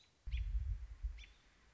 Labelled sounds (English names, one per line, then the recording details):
American Robin
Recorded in Sonoma County, California